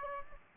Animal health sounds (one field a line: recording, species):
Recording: mosquito wingbeat signal from an infrared sensor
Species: Aedes aegypti